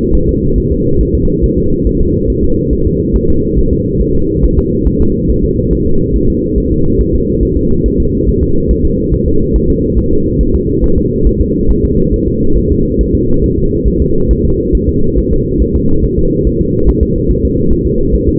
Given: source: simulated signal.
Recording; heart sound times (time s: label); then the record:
fetal heart sounds
0.15 s: S1
0.29 s: S2
0.58 s: S1
0.72 s: S2
1.01 s: S1
1.15 s: S2
1.44 s: S1
1.58 s: S2
1.87 s: S1
2.01 s: S2
2.30 s: S1
2.44 s: S2
2.73 s: S1
2.87 s: S2
3.16 s: S1
3.30 s: S2
3.59 s: S1
3.73 s: S2
4.02 s: S1
4.15 s: S2
4.44 s: S1
4.58 s: S2
4.87 s: S1
5.02 s: S2
5.30 s: S1
5.45 s: S2
5.73 s: S1
5.87 s: S2
6.16 s: S1
6.30 s: S2
6.58 s: S1
6.72 s: S2
7.01 s: S1
7.15 s: S2
7.43 s: S1
7.57 s: S2
7.86 s: S1
8.00 s: S2
8.28 s: S1
8.43 s: S2
8.71 s: S1
8.85 s: S2
9.14 s: S1
9.28 s: S2
9.56 s: S1
9.70 s: S2
9.98 s: S1
10.13 s: S2
10.41 s: S1
10.55 s: S2
10.84 s: S1
10.98 s: S2
11.27 s: S1
11.41 s: S2
11.71 s: S1
11.85 s: S2
12.14 s: S1
12.28 s: S2
12.58 s: S1
12.72 s: S2
13.01 s: S1
13.15 s: S2
13.44 s: S1
13.58 s: S2
13.88 s: S1
14.02 s: S2
14.31 s: S1
14.45 s: S2
14.75 s: S1
14.89 s: S2
15.18 s: S1
15.32 s: S2
15.62 s: S1
15.76 s: S2
16.05 s: S1
16.19 s: S2
16.47 s: S1
16.61 s: S2
16.89 s: S1
17.03 s: S2
17.31 s: S1
17.45 s: S2
17.72 s: S1
17.87 s: S2
18.15 s: S1
18.29 s: S2
From the record:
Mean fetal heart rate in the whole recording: 140 bpm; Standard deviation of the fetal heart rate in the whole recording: 2 bpm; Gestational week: 34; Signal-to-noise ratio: -16.4 dB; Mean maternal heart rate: 72 bpm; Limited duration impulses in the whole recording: present